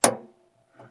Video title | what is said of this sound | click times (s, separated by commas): All Electric Cutters - Tighten Cut Buttons or ON/Off Switch | now as you go sometimes you gotta fish for a little bit and I got it there and you'll hear click once it goes all the way in and | 0.0 s